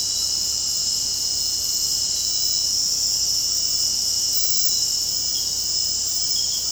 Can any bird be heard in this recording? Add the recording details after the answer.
no. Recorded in secondary vegetation near Puerto Asís, Putumayo, Colombia, on 18 February 2024 at 22:30. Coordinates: 0.489, -76.322. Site G6419